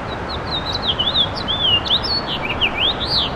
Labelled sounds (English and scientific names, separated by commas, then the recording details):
House Finch (Haemorhous mexicanus) song
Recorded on Long Island, New York, on 7 June 2012
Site SU
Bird B